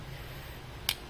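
A plastic blade from a fake Beyblade X spinning top is pushed into its ratchet/bit assembly over a low, steady background rumble. One sharp, bright click sounds at 0.9 s as the part seats fully in place.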